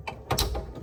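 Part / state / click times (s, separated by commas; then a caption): faucet spout water hose into quick-connect fitting under the faucet body / seated / 0.4 s. A faucet's waterway hose, which feeds water to the spout, is pushed up onto its plastic quick-connect fitting under the faucet body. Brief sharp clicks and scraping are heard, with the loudest click at 0.4 s as the hose seats. The hose is confirmed clicked in.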